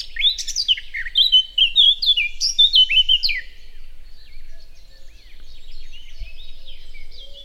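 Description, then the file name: Eurasian blackcap singing loud, clear fluty phrases that rise and fall for about three seconds, then trailing into soft, scratchy subdued warbling. "Sylvia atricapilla"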